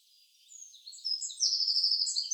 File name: Troglodytes troglodytes